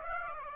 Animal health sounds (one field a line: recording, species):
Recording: mosquito wingbeat signal from an infrared sensor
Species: Aedes aegypti